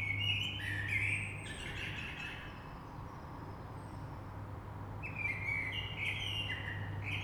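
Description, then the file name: Common blackbird song: two rich fluting phrases with squeaky high endings, one at the start and one near the end, over a steady low hum. Recorded 3 March 2020. "Rush Merle"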